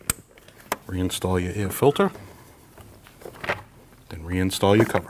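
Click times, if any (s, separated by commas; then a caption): 0.1 s. An electrical connector is pushed onto the air intake sensor on the intake duct of a 2013-2019 Ford Escape after the battery is reinstalled. It seats with a sharp, loud click at 0.1 s. Afterward someone talks, with a few faint clatters between phrases.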